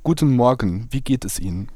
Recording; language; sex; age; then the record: spoken sentence; German; male; 20 to 29 years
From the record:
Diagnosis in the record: healthy voice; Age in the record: 21 years